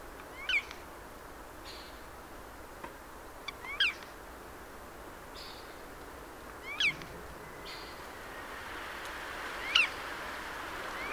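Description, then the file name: Eurasian jay calls, four brief sharp notes spaced roughly three seconds apart, with faint softer sounds between them over steady hiss. "Garrulus glandarius"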